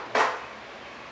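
A key is flipped in the battery lock on the frame of a SONDORS Thin 7 electric bike to release the battery. A single sharp, bright click lands at about 0.2 s, then fades into a quiet background. The lock unlocks and the battery is released from the frame.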